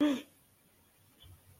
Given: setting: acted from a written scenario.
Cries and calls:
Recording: vocal sound without words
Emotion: fear

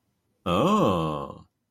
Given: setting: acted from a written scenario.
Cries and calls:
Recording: vocal sound without words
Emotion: interest

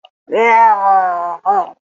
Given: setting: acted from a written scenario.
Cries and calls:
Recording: vocal sound without words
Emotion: disgust

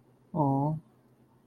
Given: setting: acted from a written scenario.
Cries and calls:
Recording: vocal sound without words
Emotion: sadness

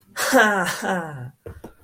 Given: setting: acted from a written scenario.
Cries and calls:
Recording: vocal sound without words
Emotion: pride

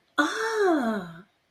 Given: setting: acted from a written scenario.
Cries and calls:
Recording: vocal sound without words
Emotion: realization

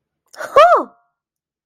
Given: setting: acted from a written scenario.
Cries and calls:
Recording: vocal sound without words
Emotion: amusement

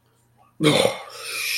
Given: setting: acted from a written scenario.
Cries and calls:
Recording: vocal sound without words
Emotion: shame

